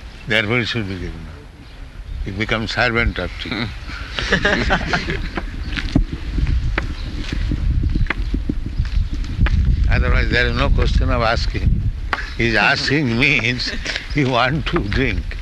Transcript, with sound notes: Therefore it should be given up. You become servant of tea. [laughter] Otherwise there is no question of asking. His asking means you want to drink.